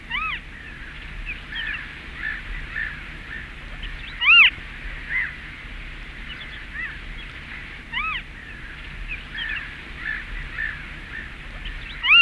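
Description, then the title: Western Marsh Harrier calls: arched, mewing notes with bright harmonics, repeated several times over a busy background of small chirping birds. Finnish population about 800 pairs, breeding in reedbeds of lakes and bays, mainly in southern and central Finland; threatened by mink and raccoon dog. "Viikon luontoääni: Ruskosuohaukka"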